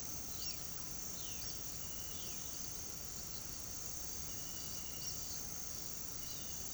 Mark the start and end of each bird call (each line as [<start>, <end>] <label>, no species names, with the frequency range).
[0.00, 1.59] bird call (1.8-5.6 kHz)
[2.06, 2.39] bird call (2.0-5.2 kHz)
[4.97, 5.17] bird call (4.1-5.9 kHz)
[6.18, 6.72] bird call (2.8-5.0 kHz)